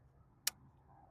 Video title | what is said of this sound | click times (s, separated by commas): Rim Rash, I did it again!! 21”Uberturbine wheels ￼ | Click it. Click it. Click it. Click it. Click it. Click it. Click it. All the way around. Okay. | 0.5 s